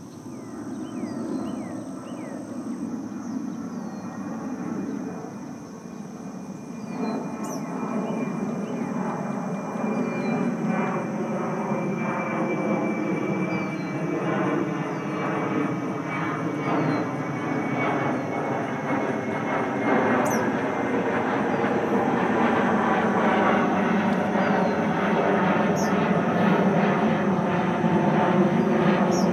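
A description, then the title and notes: Dusk at a marsh preserve, with a low airplane rumble that swells steadily over the half minute, growing louder toward the end. Thin, high insect or bird chirps tick above it, with sharp clicks near 7, 20 and 26 seconds. Dusk Soundwalk at Dyke Marsh. 30+ seconds at 7 stops (and at end) at Dyke Marsh Wildlife Preserve (a unit of the NPS George Washington Memorial Parkway) along the dusk Soundwalk event celebrating World Listening Day. With iPhone 6, using a RODE app, edited and mixed in Adobe Audition.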